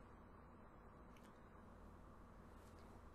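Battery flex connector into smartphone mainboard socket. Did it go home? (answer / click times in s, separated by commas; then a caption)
no / none. During reassembly of a Motorola Moto X 2nd gen (2014) after a glass-only screen replacement, the battery flex connector is handled and brought toward its socket on the smartphone mainboard. Only a steady low background hum is heard, with faint soft rustles around 1.2 s and from 2.6 s on. Nothing has seated or clicked yet.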